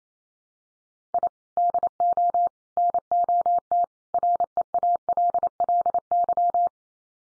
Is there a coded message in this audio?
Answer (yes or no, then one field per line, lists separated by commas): yes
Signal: Morse code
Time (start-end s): 1.1-6.7 s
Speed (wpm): 28 wpm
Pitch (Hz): 700 Hz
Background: none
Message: I DO NOT REALLY